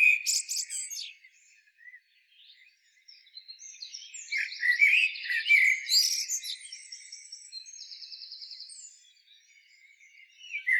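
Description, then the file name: Common blackbird song: a high squeaky twitter opens, then warbled fluty notes around the middle give way to thin buzzy trills, with a quieter stretch before a final note. "Turdus merula"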